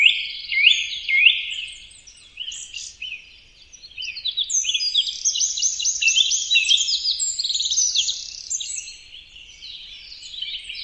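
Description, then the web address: Birds twitter in quick bursts, then break into a long, fast rattling chatter of many overlapping chirps. "birddata Deverinetal 2025 Bird Only"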